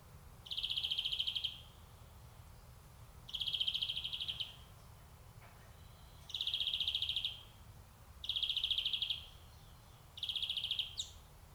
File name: Chloris chloris